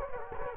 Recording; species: mosquito wingbeat signal from an infrared sensor; Culex quinquefasciatus